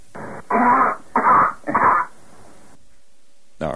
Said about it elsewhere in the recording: Some students at Berkeley University made this wave file, and it is the sound of coughing if you were on Mars. They simulated a Martian atmosphere, coughed in it, and recorded it.